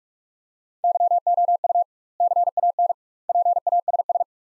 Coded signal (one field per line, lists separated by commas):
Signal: Morse code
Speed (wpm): 42 wpm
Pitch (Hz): 700 Hz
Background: none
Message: YOU CAN PASS